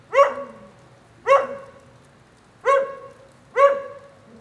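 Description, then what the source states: Dog giving four loud barks about a second apart, each clear and resonant with a short falling tail. Lone dog in the rain during a thunderstorm at 9a. Avenida 414, Quezaltenango, Guatemala.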